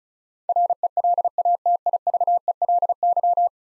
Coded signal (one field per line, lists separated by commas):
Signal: Morse code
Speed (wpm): 36 wpm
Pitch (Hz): 700 Hz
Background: none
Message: RELATIVELY